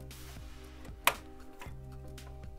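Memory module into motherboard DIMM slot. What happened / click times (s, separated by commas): The memory module snapped into its slot / 1.1 s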